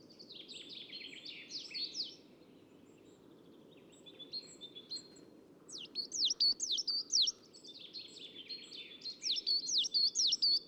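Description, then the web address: Coal tit: other small birds twitter at first, then a coal tit breaks in with loud, high two-note phrases repeated quickly in two bursts. Recorded at Assistens. "assistens Sortmejs"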